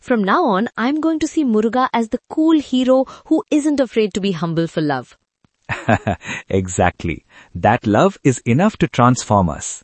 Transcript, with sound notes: From now on, I’m going to see Muruga as the “cool” hero who isn’t afraid to be humble for love.
(Laughs) Exactly! That love is enough to transform us.